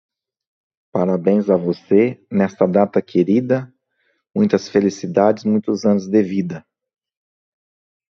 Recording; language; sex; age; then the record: short text; Brazilian Portuguese; male; 40 to 49 years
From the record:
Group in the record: control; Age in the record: 42 years